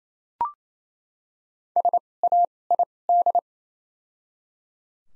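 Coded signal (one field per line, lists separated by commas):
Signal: Morse code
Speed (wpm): 28 wpm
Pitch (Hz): 700 Hz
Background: none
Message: SAID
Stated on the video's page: Top 100 words practice at 28 wpm with doubled character spacing (Farnsworth timing).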